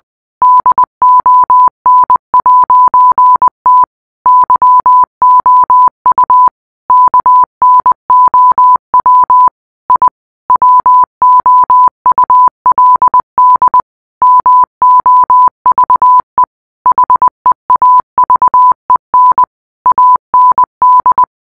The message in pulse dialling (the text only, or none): none